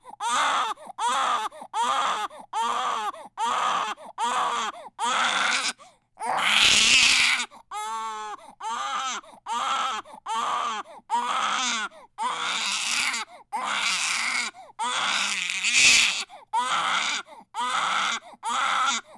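A baby cries hard and long without letup, in short high-pitched wails of about a second each, broken only by quick gasping breaths. A few louder, strained screams stand out midway. This is sustained, intense infant crying.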